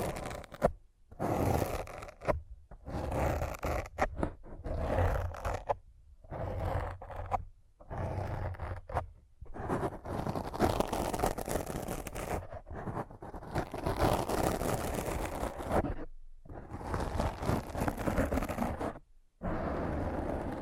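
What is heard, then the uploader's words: Dry scratching comes in bursts of one to three seconds, separated by brief moments of silence. The strokes are rough and hissy, with a low rub beneath, and they continue in an irregular but steady rhythm through the whole clip. ASMR Thorough Brain Scratch to Make You Sleepy (No Talking).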